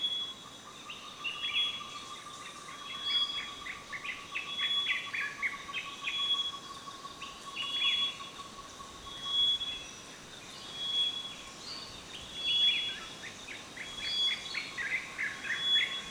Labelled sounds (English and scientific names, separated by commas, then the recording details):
Common Bulbul (Pycnonotus barbatus)
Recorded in Kibale, Uganda